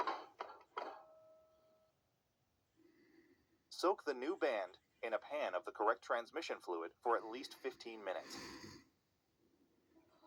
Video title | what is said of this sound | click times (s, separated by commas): Rebuilding Chevy transmission 4 l 60 video. | this is the sound it will make if it is not fully seated. | 0.0 s, 0.4 s, 0.8 s